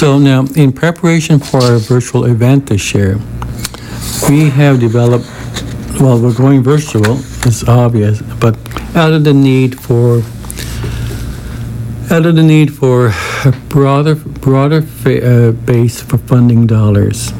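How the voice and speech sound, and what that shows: Adult man speaking with phrase and word repetitions, a long block-like pause and stretched sounds, consistent with stuttering.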